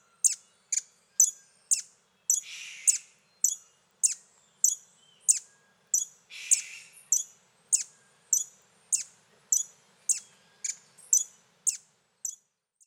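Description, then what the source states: Bird song of sharp, high, clipped notes repeated steadily about every half second, with two brief hissing, buzzy bursts in between; no other clear sounds. Song given at a lek in Costa Rican cloud forest.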